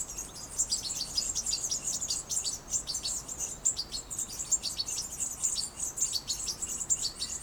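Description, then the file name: European goldfinch twittering: rapid, high, jingling chirps packed almost without gaps, bright and metallic, over soft background noise. "Carduelis carduelis"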